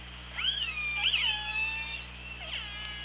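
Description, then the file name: Orca pulsed calls, several harmonic squeals that rise and bend over three seconds, overlapping one another, with a steady low hum beneath. Recorded on the OrcaLab hydrophone, 24 August 2017, around 16:30. "Orca Lab 20170824 163009"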